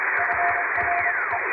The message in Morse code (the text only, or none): FRE